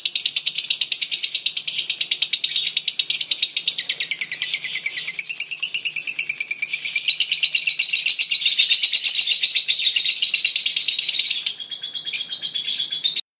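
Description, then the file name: Lovebird song: nonstop high, rapid twittering and chirping chatter, dense and scratchy, running throughout with brief squeaky accents near the end. "lovebird 3 omkicau"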